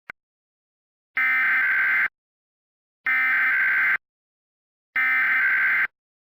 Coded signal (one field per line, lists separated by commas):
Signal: Emergency Alert System (SAME) tones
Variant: header bursts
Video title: EAS Scenario #2: Georgia Powerplant Emergency